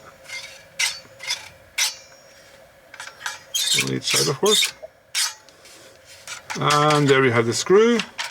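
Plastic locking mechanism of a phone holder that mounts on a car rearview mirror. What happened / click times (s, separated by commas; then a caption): The plastic holder is being handled but has not seated yet / none. Someone handles the plastic locking mechanism of a phone holder that mounts on a car rearview mirror, working it near its screw and producing short rasping, rubbing bursts of plastic noise while someone talks. Nothing has seated or clicked into place yet.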